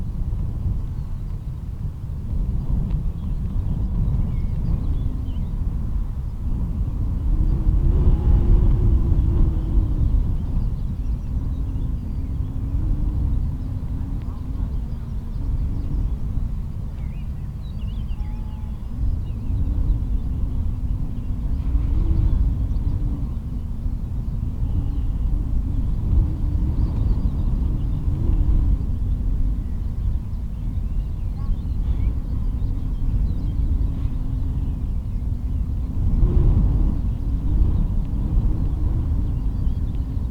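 Wind roars steadily around the lighthouse at Rubjerg Knude, a dense, deep rumble that swells and eases without pause. Brief gusts push harder around 8 and 36 seconds, and a faint hiss of flying sand rides above the low buffeting throughout.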